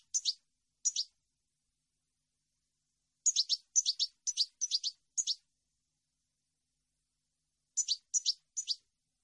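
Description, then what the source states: European goldfinch twittering: bright, high doublets in short bursts, a few at first, then a run of about six, then three more, with silence between. Clean goldfinch song meant for birds to copy, for song training.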